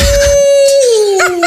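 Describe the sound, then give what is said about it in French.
A person imitates a wolf howl with a single sustained, loud tone that holds steady, then slides gradually downward in pitch near the end. “Tiens, est-ce qu'il peut faire le cri du loup? Il fait nuit et faire le cri du loup.”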